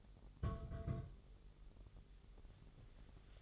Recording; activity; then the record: daily activity, microphone in the room; place on stove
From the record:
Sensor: 4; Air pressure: 989.1 hPa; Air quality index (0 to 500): 209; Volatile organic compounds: 57 ppm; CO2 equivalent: 3388 ppm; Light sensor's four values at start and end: 29/99/36/38 and 29/99/36/38